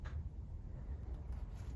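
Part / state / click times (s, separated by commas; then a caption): cartridge bearing into bike frame pivot / not seated / none. A cartridge bearing for a Commencal Clash mountain bike frame pivot is handled at its metal frame seat during a suspension service, with only a steady low rumble and faint handling noise heard. Nothing has seated or clicked yet; the part is not yet home.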